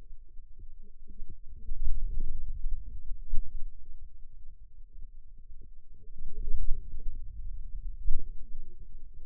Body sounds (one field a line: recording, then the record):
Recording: forearm muscle sounds (acoustic myography)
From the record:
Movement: wrist extension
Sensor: system 2, bracelet of six BSWA MPA416 microphones around the upper forearm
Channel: 1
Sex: female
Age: 21 years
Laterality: right